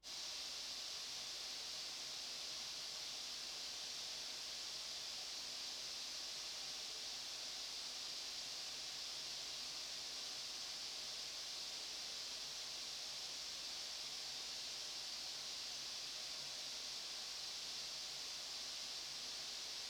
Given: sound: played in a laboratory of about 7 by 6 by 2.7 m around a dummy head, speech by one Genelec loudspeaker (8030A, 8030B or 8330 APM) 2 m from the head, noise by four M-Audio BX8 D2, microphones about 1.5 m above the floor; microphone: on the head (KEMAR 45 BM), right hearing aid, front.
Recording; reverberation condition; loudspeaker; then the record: white noise; medium; four, about 170 cm from the corners of the room and facing them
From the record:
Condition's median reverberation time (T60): about 510 ms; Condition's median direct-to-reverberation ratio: about -0.5 dB